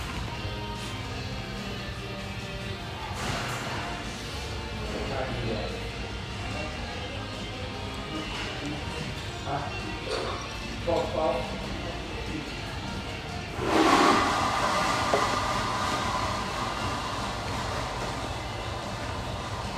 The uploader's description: the pleasant hum in this lovely espresso house near the Vancouver riverfront